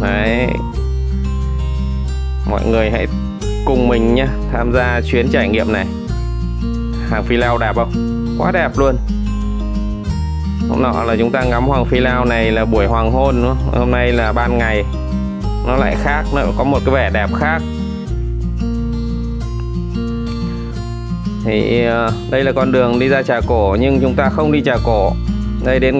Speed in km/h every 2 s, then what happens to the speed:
63, 64, 65, 67, 69, 68, 69, 68, 67, 65, 63, 61, 58.
0-19 steady at about 67. 19-26 slows to 58.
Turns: none.